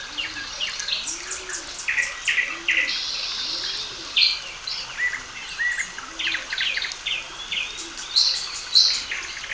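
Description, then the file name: Bird chorus of many high twittering and trilling songs, over a low soft cooing repeated beneath. Calm birdsong. "Calm Singing Birds Zone"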